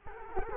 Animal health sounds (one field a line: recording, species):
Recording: mosquito wingbeat signal from an infrared sensor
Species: Culex quinquefasciatus